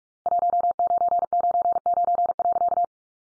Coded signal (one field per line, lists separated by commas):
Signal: Morse code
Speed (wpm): 44 wpm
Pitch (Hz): 700 Hz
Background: none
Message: 1999.